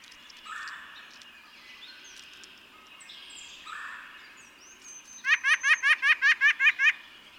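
White-breasted Nuthatch song: a quick run of about nine nasal, evenly spaced notes near the end, with thin high whistles behind.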